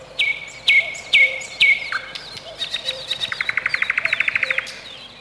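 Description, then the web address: Nightingale song: four loud falling whistles, then a lower note, then a rapid, evenly spaced rattle of many notes. Spring. "vremena vesna solovei"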